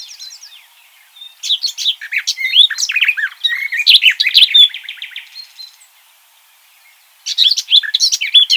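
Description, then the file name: Eurasian blackcap song: loud jumbled warbling phrases with sharp, varied notes. A quieter pause follows the first long phrase, and then a fresh burst of song begins. "Sylvia atricapilla"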